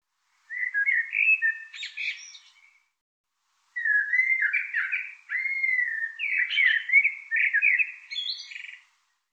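Bird song of warbled, whistled phrases with slurred notes, one short phrase then a longer run after a pause, quiet background.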